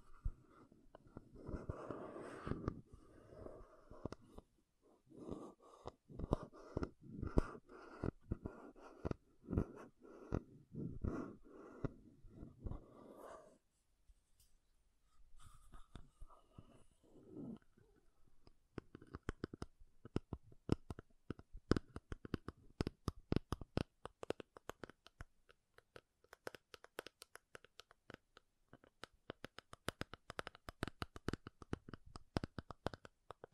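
Makeup tapping and scratching: dense, uneven rustling scratches fill the first fourteen seconds, then a brief pause gives way to quick, crisp taps.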